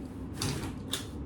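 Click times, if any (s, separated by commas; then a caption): 0.4 s, 0.9 s. A foot presses down the rear-wheel brake pedal on an R for Rabbit Street Smart 360-degree rotatable kids stroller (2023) until it latches. Two short, sharp clicks are heard at 0.4 s and 0.9 s over a low, steady rumble. The brake is locked, and that is confirmed.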